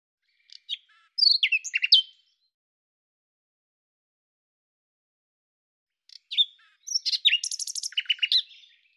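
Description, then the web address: Common nightingale song: a varied phrase of whistles and quick notes, silence, then another complex phrase with sharp repeated notes and a short trill. "Deverinetal 2025"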